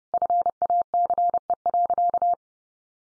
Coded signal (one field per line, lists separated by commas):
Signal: Morse code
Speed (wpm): 30 wpm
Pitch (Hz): 700 Hz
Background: none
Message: FACE.